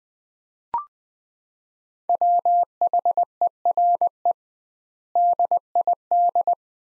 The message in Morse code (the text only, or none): WHERE DID